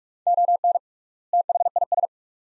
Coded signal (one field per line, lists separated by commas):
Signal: Morse code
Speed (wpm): 42 wpm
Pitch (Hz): 700 Hz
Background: none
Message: ON THIS